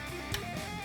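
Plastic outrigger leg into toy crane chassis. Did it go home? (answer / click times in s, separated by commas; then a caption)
yes / 0.3 s. A plastic brick outrigger support leg on a LEGO City Mobile Crane (set #60324, 2022) is pushed back into the toy crane chassis until it locks, giving a short sharp click at 0.3 s over a steady background of guitar music. The leg is seated and locked in place.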